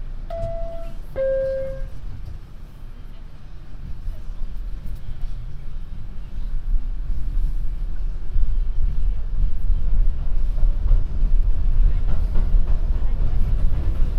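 On a subway ride, two short chime tones sound in the first two seconds, like a door signal. A deep, steady rumble then builds and grows louder as the train gets moving, with a rising motor whine climbing from about five to ten seconds.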